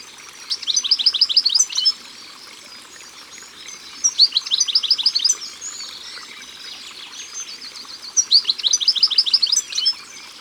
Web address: Chardonneret elegant Au bord de leau. album au-bord-de-leau